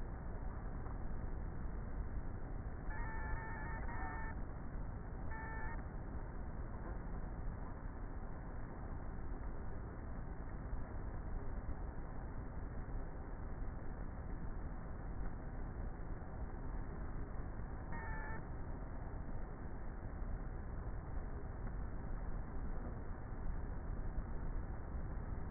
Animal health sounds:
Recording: honeybee colony, microphone inside the hive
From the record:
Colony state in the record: queenless with a low population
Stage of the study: before two queens were removed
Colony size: about 30,000 bees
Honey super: no

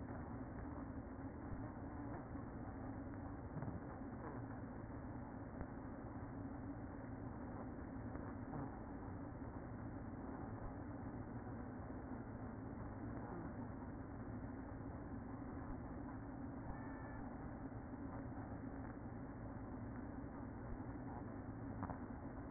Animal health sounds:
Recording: honeybee colony, microphone inside the hive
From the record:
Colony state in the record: queen present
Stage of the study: after two queens were removed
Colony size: about 60,000 bees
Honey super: yes

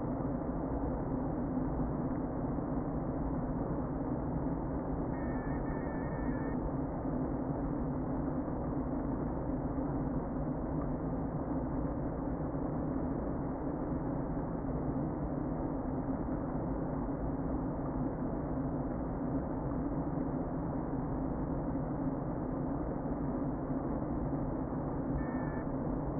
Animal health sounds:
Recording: honeybee colony, microphone inside the hive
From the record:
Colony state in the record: queen present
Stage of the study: before two queens were removed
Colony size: about 60,000 bees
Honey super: yes

